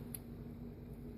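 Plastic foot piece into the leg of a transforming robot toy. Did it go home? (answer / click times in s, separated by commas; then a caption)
yes / 0.2 s. On a plastic Transformers Prime Voyager Bulkhead robot figure, the leg armor is pulled down and the foot piece is pushed forward into the leg. A sharp plastic snap at 0.1 s (about 0.15 s) marks the foot locking into place, over a low steady background hum. The foot is seated.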